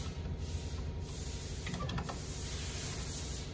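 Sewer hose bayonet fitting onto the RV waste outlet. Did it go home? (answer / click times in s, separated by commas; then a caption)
no / none. A sewer hose bayonet fitting is lined up with the notches on the waste outlet of a 2022 Heartland Pioneer 210RD trailer and handled toward the twist that locks it on. Over a steady broadband hiss, a brief scraping rattle peaks around 1.9 and 2.0 seconds. The clip ends before the fitting goes home, so nothing has seated or clicked yet.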